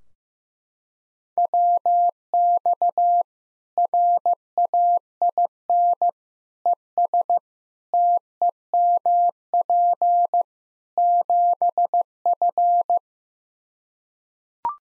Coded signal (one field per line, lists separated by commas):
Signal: Morse code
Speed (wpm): 15 wpm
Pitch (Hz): 700 Hz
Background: none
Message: WX RAIN ES TEMP 7F